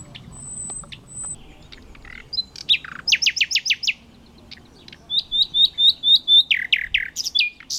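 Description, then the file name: Common nightingale singing: a thin high whistle, then a short pause and bursts of loud, fast, repeated notes, ending in a rhythmic string of whistled notes. "Luscinia megarhynchos"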